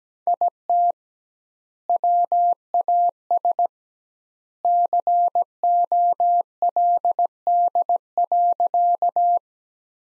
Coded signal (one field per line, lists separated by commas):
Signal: Morse code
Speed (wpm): 17 wpm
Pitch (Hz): 700 Hz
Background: none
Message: IT WAS COLD.